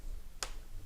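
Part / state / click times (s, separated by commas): flex cable connectors onto phone mainboard sockets / partly seated / 0.4 s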